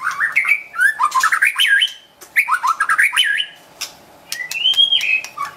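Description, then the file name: White-rumped shama singing rich warbled phrases of rising and falling whistles with harsh clicks, a brief pause, then a long sliding whistled note. Wild bird from forest in Medan, singing actively (gacor). "suara burung murai batu hutan medan gacor"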